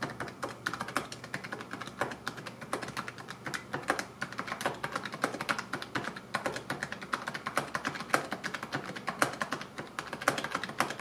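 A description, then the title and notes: Typing on a computer keyboard, a steady stream of crisp key clicks running the full length without real pauses. The taps come fast and somewhat uneven, each a sharp bright click, with a few louder strokes scattered throughout over a faint low hum. PinePhone Keyboard Typing. An example of typing with 10 fingers, 2 index fingers and 2 thumbs while holding the device.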